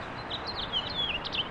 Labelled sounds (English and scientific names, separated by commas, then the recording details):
House Finch (Haemorhous mexicanus) song
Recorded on Long Island, New York, on 21 April 2011
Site GN
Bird D